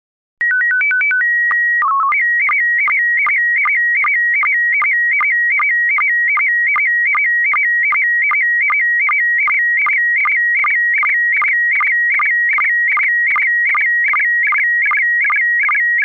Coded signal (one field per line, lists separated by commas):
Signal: SSTV (slow-scan television)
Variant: PD 50